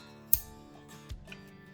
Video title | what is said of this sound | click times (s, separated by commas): SR2 Product Details | We'll check these connections, make sure they're seated, and you can hear the click. | 0.3 s